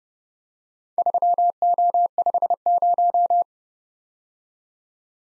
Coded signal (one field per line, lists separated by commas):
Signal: Morse code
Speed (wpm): 30 wpm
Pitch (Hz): 700 Hz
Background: none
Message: 3O50